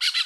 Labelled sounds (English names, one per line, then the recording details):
Brown-throated Parakeet contact call
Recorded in Curacao
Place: Road to Santa Cruz
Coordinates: 12.305, -69.141